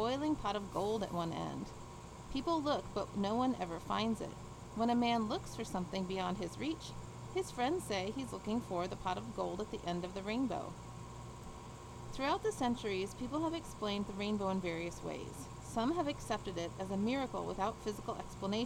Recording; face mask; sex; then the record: reading aloud; surgical mask; female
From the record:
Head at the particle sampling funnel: tilted down, bridge of the nose in front of it